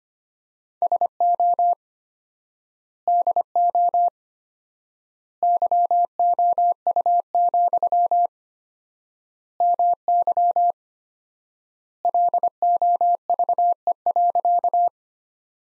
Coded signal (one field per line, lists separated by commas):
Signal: Morse code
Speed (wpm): 25 wpm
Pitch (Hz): 700 Hz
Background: none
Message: SO DO YOU, MY LOVE.